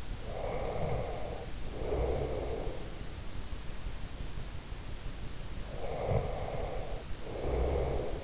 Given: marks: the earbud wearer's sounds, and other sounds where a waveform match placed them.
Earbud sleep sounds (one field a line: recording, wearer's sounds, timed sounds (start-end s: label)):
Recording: sounds in sleep by an in-ear microphone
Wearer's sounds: breath, snoring breath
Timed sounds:
0.19-2.90 s: breath
5.47-8.24 s: snoring breath